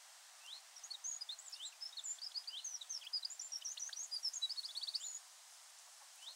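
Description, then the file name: Eurasian wren giving a long, dense run of rapid, high, sharp notes for about five seconds, ending in a fast rattle, over steady background hiss. "Troglodytes troglodytes"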